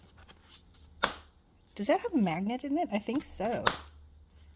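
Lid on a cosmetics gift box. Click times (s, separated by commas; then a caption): 1.0 s. The lid of a Dior lip gloss gift box is closed and snaps shut with a sharp, satisfying snap at 1.0 s. Someone then talks.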